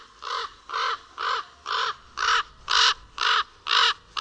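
Common raven giving harsh, hoarse calls in a steady series, about two per second, with quiet gaps between.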